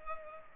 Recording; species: mosquito wingbeat signal from an infrared sensor; Culex pipiens